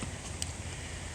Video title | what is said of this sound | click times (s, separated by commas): 2010 GMC Sierra wiper motor replacement | They just go over and snap in place. | 0.4 s